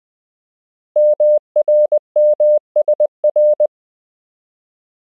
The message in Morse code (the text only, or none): MRMSR